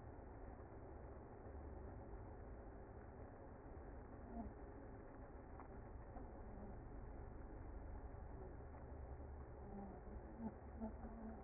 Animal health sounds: honeybee colony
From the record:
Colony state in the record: active

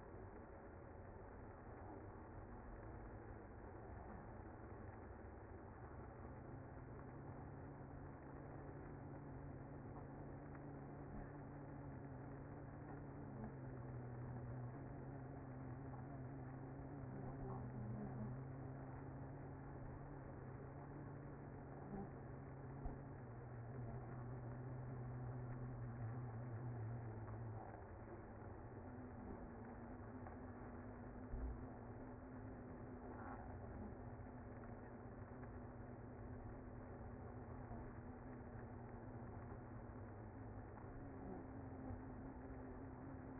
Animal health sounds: honeybee colony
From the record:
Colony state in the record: active

